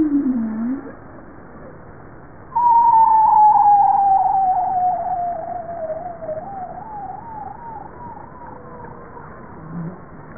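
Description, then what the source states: Bowhead whale calling: a long tonal moan gliding slowly downward, then breaking into a wavering, warbling section, with a short low downsweep-upsweep before it, over low background noise. Recorded 21 April 1988.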